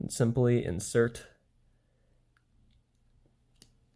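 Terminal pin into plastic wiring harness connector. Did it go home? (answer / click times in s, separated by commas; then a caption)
yes / 3.6 s. Someone talks, then after a quiet pause a faint tick at 2.4 s is followed by a sharp click at 3.6 s as an already lined-up metal terminal pin is inserted into a plastic wiring harness connector housing during a 2012-2015 Honda Civic automatic window retrofit. The pin locks in place, seated.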